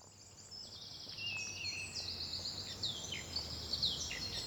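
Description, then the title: Birds calling: a chorus of thin high chirps and brief trills, quieter at the start and building slightly, over a faint low hum. Bird ambience recorded in Seneffe, Belgium, with a Sony PCM-D100 using its internal microphones. "Rue du Rossignol 7, 7180 Seneffe, Belgique - Birds ambience"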